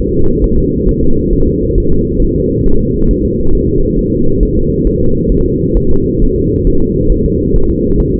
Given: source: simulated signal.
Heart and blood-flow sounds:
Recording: fetal heart sounds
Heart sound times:
0.14 s: S2
0.44 s: S1
0.58 s: S2
0.89 s: S1
1.03 s: S2
1.33 s: S1
1.47 s: S2
1.78 s: S1
1.92 s: S2
2.22 s: S1
2.36 s: S2
2.66 s: S1
2.81 s: S2
3.11 s: S1
3.25 s: S2
3.55 s: S1
3.69 s: S2
3.99 s: S1
4.13 s: S2
4.43 s: S1
4.57 s: S2
4.87 s: S1
5.01 s: S2
5.32 s: S1
5.46 s: S2
5.77 s: S1
5.91 s: S2
6.22 s: S1
6.36 s: S2
6.67 s: S1
6.81 s: S2
7.12 s: S1
7.26 s: S2
7.56 s: S1
7.70 s: S2
8.00 s: S1
8.14 s: S2
From the record:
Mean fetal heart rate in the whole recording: 135 bpm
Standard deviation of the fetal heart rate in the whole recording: 3 bpm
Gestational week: 36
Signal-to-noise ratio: -17.7 dB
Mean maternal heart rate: 72 bpm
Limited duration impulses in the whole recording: present

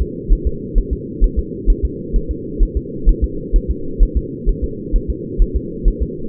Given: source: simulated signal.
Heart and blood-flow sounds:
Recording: fetal heart sounds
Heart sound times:
0.02 s: S2
0.33 s: S1
0.47 s: S2
0.78 s: S1
0.93 s: S2
1.24 s: S1
1.39 s: S2
1.70 s: S1
1.85 s: S2
2.16 s: S1
2.31 s: S2
2.63 s: S1
2.77 s: S2
3.09 s: S1
3.24 s: S2
3.56 s: S1
3.71 s: S2
4.03 s: S1
4.17 s: S2
4.49 s: S1
4.64 s: S2
4.96 s: S1
5.10 s: S2
5.42 s: S1
5.56 s: S2
5.88 s: S1
6.03 s: S2
From the record:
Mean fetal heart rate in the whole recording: 130 bpm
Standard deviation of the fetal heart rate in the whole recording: 4 bpm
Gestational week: 38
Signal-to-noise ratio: -4.3 dB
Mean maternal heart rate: 72 bpm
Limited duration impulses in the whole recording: absent

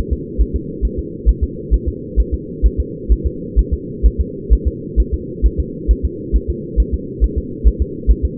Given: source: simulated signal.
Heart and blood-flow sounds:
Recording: fetal heart sounds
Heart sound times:
0.13 s: S2
0.41 s: S1
0.56 s: S2
0.85 s: S1
0.99 s: S2
1.29 s: S1
1.44 s: S2
1.74 s: S1
1.88 s: S2
2.20 s: S1
2.34 s: S2
2.66 s: S1
2.80 s: S2
3.12 s: S1
3.27 s: S2
3.59 s: S1
3.73 s: S2
4.06 s: S1
4.20 s: S2
4.53 s: S1
4.67 s: S2
5.00 s: S1
5.14 s: S2
5.46 s: S1
5.60 s: S2
5.91 s: S1
6.05 s: S2
6.36 s: S1
6.50 s: S2
6.80 s: S1
6.94 s: S2
7.24 s: S1
7.38 s: S2
7.67 s: S1
7.82 s: S2
8.11 s: S1
8.25 s: S2
From the record:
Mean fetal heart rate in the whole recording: 135 bpm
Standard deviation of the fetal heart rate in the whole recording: 3 bpm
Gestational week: 34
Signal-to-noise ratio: -4.1 dB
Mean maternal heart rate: no maternal heart sound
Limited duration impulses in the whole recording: absent

